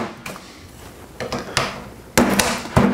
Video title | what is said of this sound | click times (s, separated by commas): My Camping Gear Essentials | crossbars that get locked in here and that gives it a little bit of support just like | 2.2 s